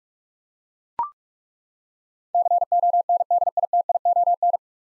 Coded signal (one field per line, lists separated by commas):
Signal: Morse code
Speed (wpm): 42 wpm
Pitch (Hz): 700 Hz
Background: none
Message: CONDITION